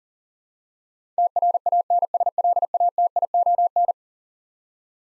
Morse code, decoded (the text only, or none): TRANSLATION